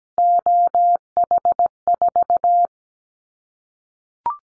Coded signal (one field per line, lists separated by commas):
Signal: Morse code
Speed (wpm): 17 wpm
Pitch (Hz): 700 Hz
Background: none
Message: OH4